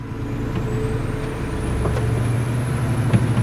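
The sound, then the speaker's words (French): A large truck, driven slowly, drones with a deep steady engine rumble while a thin whine slowly rises above it, broken by a couple of short, sharp air brake hisses. “Vous étiez déjà monté dans un camion ?”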